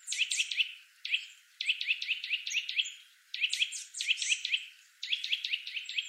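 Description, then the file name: Eurasian nuthatch calls come in bursts of quick, sharp notes, separated by short pauses. "Sitta europaea"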